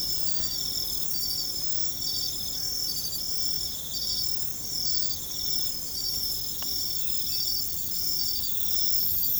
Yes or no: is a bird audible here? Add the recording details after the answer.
no. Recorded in secondary vegetation near Puerto Asís, Putumayo, Colombia, on 22 December 2024 at 23:30. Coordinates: 0.468, -76.324. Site G095